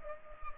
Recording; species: mosquito wingbeat signal from an infrared sensor; Culex pipiens